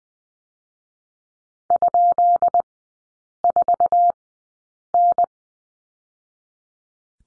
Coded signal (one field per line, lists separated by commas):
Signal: Morse code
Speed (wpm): 20 wpm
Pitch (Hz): 700 Hz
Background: none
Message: ?4N